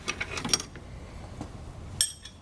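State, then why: Seated. On a 2003 Porsche 911 996 Turbo, after the fuel filter swap, the fuel filter or line is clipped back into its mounting harness under the car. A few light metallic clinks and rattles come first, then a single loud, sharp snap at 2.0 s as the part seats in the harness.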